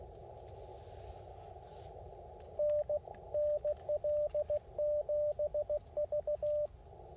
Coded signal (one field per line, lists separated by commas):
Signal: Morse code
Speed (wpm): 16 wpm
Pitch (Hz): 590 Hz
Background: radio noise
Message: N NL7V